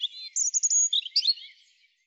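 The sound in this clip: European robin giving a busy high warble: a sustained thin note, a quick run of bright repeated chirps, then lower tumbling twitters that fade out.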